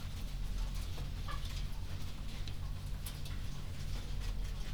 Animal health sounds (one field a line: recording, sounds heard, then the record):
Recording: poultry house recording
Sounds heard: sick chickens (respiratory disease)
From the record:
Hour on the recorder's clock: 21